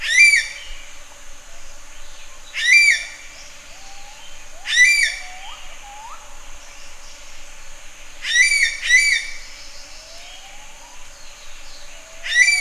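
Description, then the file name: Common green magpie calls: loud, harsh, ringing notes rich in overtones, given singly or in quick pairs every two to four seconds, with faint thin rising whistles between them. "suara burung ekek layongan atau cissa chinensis"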